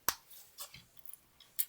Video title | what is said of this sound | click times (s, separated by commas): Building a Dune Buggy: Intro Unboxing and Knolling | just snap them | 0.1 s, 1.6 s